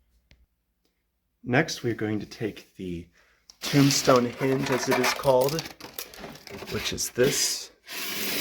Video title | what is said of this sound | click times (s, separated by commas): 2023 Halloween Resurrection Mary Animatronic - Unboxing, Setup, And Review | make sure it clicks and it's nice and flush | 0.3 s